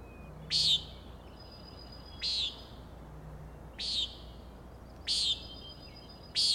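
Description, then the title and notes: Common nighthawk calling repeatedly, five rasping nasal peents spaced roughly every one and a half seconds, with faint high whistled notes between them. Three birds peenting, flying in close follow-the-leader formation at 375–450 feet, very close to recordist; Schoodic Head overlook, Acadia National Park, Winter Harbor, Maine; 4am, 16 June 2017. "Common Nighthawks, Schoodic Head 061617 4am. 3 common nighthawks making peenting calls and wings booms but also a rattling noise at the Overlook (410 ft) on Schoodic Head (435 feet) Schoodic division Acadia National Park Winter Harbor, ME"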